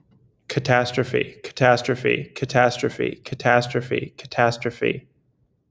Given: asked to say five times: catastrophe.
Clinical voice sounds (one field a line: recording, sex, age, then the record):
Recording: repeated word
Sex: male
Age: 20 to 29 years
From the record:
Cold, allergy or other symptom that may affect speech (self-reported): no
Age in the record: 24 years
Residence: Massachusetts, United States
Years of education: 14